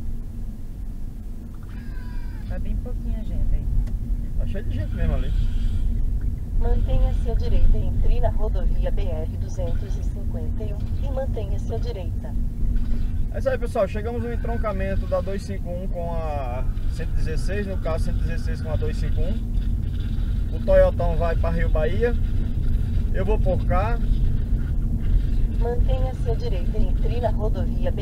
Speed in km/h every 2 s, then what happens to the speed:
33, 33, 32, 32, 32, 31, 31, 31, 31, 33, 34, 37, 40, 43.
0-16 steady at about 32. 16-28 speeds up to 43.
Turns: none.